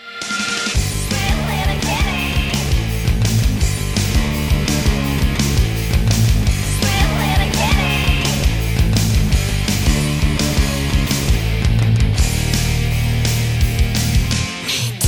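A loud, driving Korean rock song plays with dense distorted guitars, steady pounding drums and heavy bass, continuing without a break at full energy throughout.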